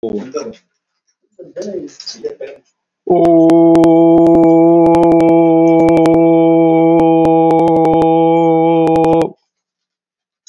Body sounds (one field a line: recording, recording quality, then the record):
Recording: sustained vowel as in boot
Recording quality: moderate, slight background noise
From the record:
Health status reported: COVID-19 positive, no symptoms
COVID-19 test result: positive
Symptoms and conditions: none ticked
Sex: male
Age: 57 years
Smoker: not ticked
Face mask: worn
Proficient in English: yes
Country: India